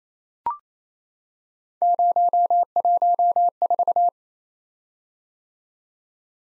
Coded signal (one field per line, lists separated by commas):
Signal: Morse code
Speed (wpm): 29 wpm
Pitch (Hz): 700 Hz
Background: none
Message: 014